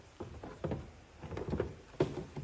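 A taillight housing from a 2011–2020 Jeep Grand Cherokee is handled and lined up with its mounting pins against the vehicle body, to be pushed in until the pins click into the grommets without pinching the wiring. Soft plastic knocks and rubs come at about 0.2, 0.7 and 1.3–1.6 seconds, with a sharper tap at 2.0 seconds. Nothing has seated or clicked into place yet.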